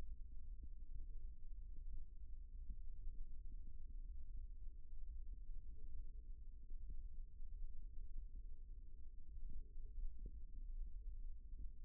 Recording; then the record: forearm muscle sounds (acoustic myography)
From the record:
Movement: rest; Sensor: system 1, eight BSWA MPA416 microphones around the upper forearm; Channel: 8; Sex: male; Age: 23 years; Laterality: right